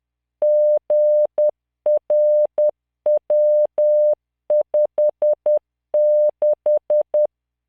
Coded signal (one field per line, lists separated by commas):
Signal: Morse code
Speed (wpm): 10 wpm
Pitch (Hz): 600 Hz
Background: none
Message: GRW56